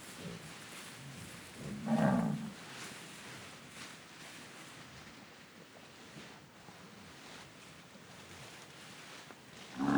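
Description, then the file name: Cattle moo, one strong low bellow around two seconds, another beginning at the very end, with rustling movement on grass between. A herd of cattle walking on grass, several moos. "Patas no pasto do gado varios mugidos"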